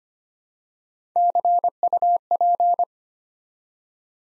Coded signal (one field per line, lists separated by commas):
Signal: Morse code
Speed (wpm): 25 wpm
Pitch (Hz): 700 Hz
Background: none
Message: CUP